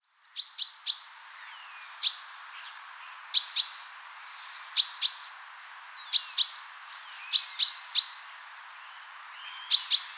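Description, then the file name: Common chaffinch calling with abrupt, metallic 'pink' notes, mostly in pairs or triplets, spaced about a second or two apart, with faint soft notes between. "Fringilla coelebs"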